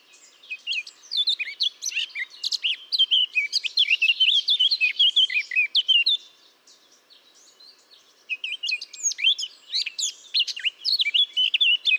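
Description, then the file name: Eurasian blackcap singing two long, busy phrases of mixed scratchy and whistled notes, with a short quieter gap between them. "Sylvia atricapilla"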